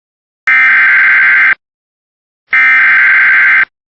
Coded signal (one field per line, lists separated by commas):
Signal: Emergency Alert System (SAME) tones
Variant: header bursts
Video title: Giving My WR300 a Peanut Butter and Jelly Sandwich! EAS Alerts from 6/14/2026 (EAS 302-328)